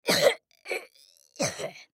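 Three harsh, noisy coughs in under two seconds from a twelve-year-old boy. The first and last bursts are loud and strained, with a softer one between them. An acted sound effect of a painful, long cough.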